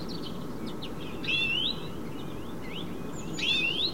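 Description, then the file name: European greenfinch giving short twittering notes and two louder rising, wheezy sweeps, heard against a continuous low rumble. "Chloris chloris"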